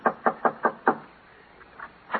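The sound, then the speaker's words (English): Five firm, evenly spaced knocks on the door of an old prospector's house in quick succession, followed by a pause, a couple of fainter taps, and one more solid knock. “Yeah, knock on the door.”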